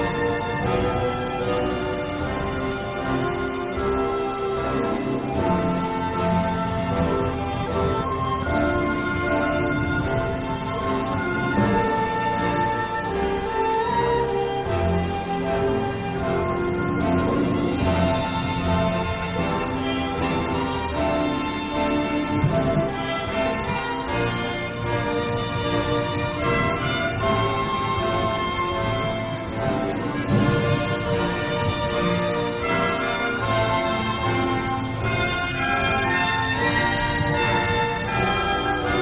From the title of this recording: original sound tracks with rain